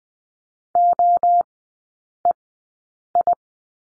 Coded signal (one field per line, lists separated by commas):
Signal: Morse code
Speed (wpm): 20 wpm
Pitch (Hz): 700 Hz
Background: none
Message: OEI